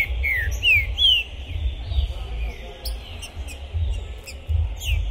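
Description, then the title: Green-winged saltator singing a few bright down-slurred whistles at the start, then softer, higher notes, over a continuous low hum and occasional knocks. Captive bird at a singing tournament entrance, warming up before a contest, chirping, singing and displaying aggressively (macheando); 2021; described as a 'Pistoleiro' bird. "ESQUENTAR Seu TRINCA Piando, Cantando E Macheando Na DISPUTA. Esse TRINCA FERRO ficou POSSUÍDO na PORTA do TORNEIO! Trinca Ferro Pistoleiro 2021!"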